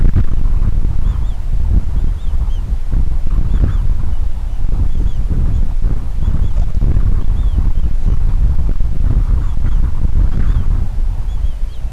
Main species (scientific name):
Pygoscelis papua